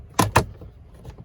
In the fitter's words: push until it snaps on both sides.